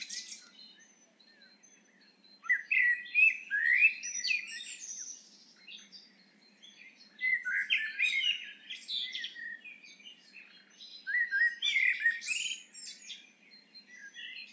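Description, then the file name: Eurasian blackbird song: three rich, fluting warbled phrases, each ending in thin squeaky twitters, separated by pauses of a couple of seconds. "Turdus merula"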